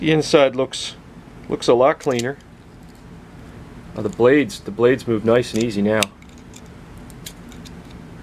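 A blade on a restored Imperial Kamp King slip-joint pocket knife, cleaned of rust, is handled as it moves toward closing into the handle under the backspring. Someone talks through the first six seconds, followed by a few faint, light metallic ticks and handling noises against a quiet background. Nothing has seated or clicked shut yet.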